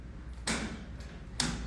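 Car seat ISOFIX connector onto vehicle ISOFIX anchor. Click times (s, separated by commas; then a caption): 0.5 s, 1.4 s. A car seat's ISOFIX brackets are pushed onto the vehicle's ISOFIX anchor points on either side until they lock. Two sharp clicks are heard at 0.5 s and 1.4 s, and the connector is confirmed seated and firm.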